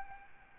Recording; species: mosquito wingbeat signal from an infrared sensor; Aedes albopictus